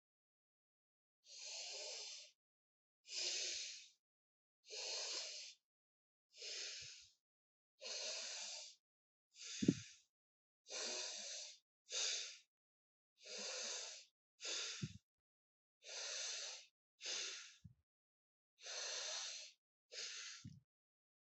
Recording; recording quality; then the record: deep breathing; excellent, no background noise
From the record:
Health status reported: healthy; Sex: male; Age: 30 years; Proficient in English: yes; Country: India